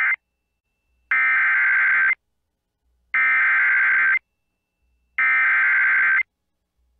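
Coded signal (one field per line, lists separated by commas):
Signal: Emergency Alert System (SAME) tones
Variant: header bursts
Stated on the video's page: NOAA Weather Radio severe thunderstorm and tornado warnings for Iowa, South Dakota and Minnesota storms.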